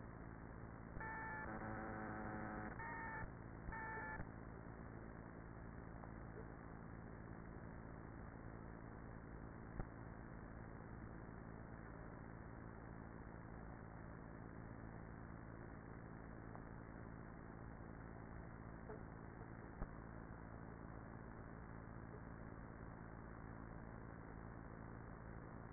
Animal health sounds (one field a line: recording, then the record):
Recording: honeybee colony, microphone inside the hive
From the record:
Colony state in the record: queenless with a low population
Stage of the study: after two queens were removed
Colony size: about 30,000 bees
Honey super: no